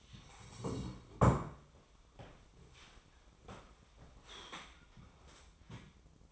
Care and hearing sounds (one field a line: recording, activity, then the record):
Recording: daily activity, microphone in the room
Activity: sit down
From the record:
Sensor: 1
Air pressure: 1005.1 hPa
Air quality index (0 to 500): 124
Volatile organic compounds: 5 ppm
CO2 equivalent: 1724 ppm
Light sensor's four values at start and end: 11/26/10/11 and 11/27/11/11